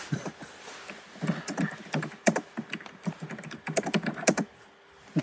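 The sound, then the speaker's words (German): Rapid typing on a computer keyboard, a dense patter of sharp clicking keystrokes in uneven bursts with brief pauses, fairly quiet and with no voices. “Wenn ich das Tippen schon höre, muss ich schon lachen.”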